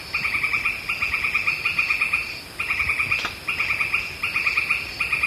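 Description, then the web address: Northern white-crowned tapaculo calling in short bursts of quick pulsed notes, each burst under a second, with brief pauses between them and a single sharp click partway through. Ecuador. "S America Birds of Ecuador. Northern White-crowned Tapaculo"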